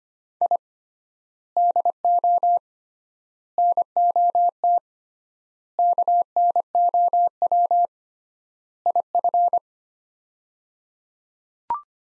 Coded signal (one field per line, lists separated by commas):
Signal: Morse code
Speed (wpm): 25 wpm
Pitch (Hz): 700 Hz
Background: none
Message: I DO NOT KNOW IF